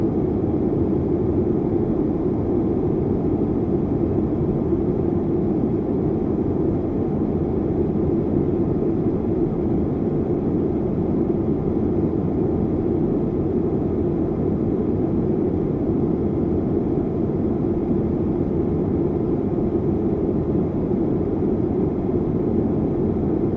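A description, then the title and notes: A steady airplane cabin drone fills the whole recording, a dense low rumble that never rises or falls. The sound is heavy in the lows and thins out toward the top, with no distinct events, voices or announcements over the constant hum. Airplane White Noise Sound.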